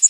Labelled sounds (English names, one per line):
Yellow Warbler flight call